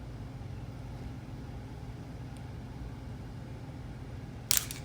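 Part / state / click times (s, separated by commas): wrist pin snap ring into piston pin bore groove / partly seated / 4.5 s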